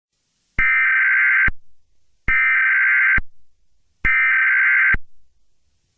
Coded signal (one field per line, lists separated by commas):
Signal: Emergency Alert System (SAME) tones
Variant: header bursts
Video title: EAS Scenario #38: Minecraft Attack